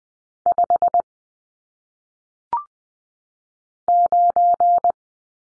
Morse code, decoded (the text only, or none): 5 9